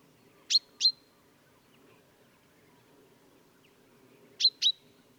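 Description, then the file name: Common chaffinch giving two quick pairs of sharp high call notes, several seconds apart, over soft low background noise. "Fringilla coelebs"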